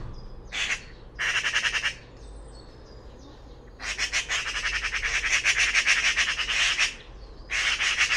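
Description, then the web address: Bird gives buzzy chattering calls: two short bursts, a pause, then a long run of rapid harsh pulses and a further burst. "cianscape birddata Deverinetal 2025"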